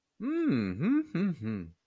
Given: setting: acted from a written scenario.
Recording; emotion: vocal sound without words; interest